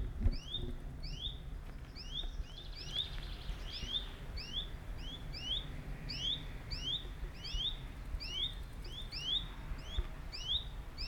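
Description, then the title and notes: Bird calls: quick rising upswept chirps repeated steadily, two birds overlapping and trading notes, with low rumbling background noise. Two birds calling in competition, Buchet, Germany. "Buchet, Deutschland - Vogelwettschreien. Birds battle. Zwei Vögel schreien um die Wette, auf der westlich gelegenen Straße fährt ein Bus, ein Flugzeug fliegt über das Gebiet"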